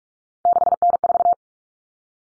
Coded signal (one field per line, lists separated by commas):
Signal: Morse code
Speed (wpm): 44 wpm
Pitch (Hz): 700 Hz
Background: none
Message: 6N4